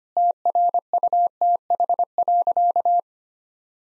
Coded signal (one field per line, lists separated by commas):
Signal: Morse code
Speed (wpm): 25 wpm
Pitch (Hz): 700 Hz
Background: none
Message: TRUTH.